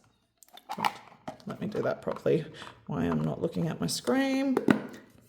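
A plastic part of the Momcozy M6 wearable breast pump's collection cup is lined up at the pouring spout while someone talks, with a few faint handling taps near the start and a short sharp tap right at the very end. The clip stops just before the part is pushed home, so nothing has seated or clicked yet.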